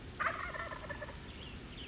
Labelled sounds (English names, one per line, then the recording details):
Wild Turkey
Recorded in Sonoma County, California